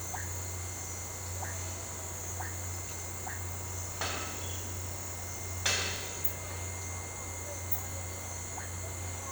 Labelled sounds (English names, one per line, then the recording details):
none
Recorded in pastures near Puerto Asís, Putumayo, Colombia, on 8 March 2025 at 10:30
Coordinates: 0.466, -76.322
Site CSA-02